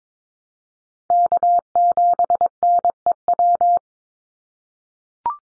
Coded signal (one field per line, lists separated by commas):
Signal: Morse code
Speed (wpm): 22 wpm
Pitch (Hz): 700 Hz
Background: none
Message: K7NEW